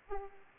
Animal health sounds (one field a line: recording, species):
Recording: mosquito wingbeat signal from an infrared sensor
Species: Aedes aegypti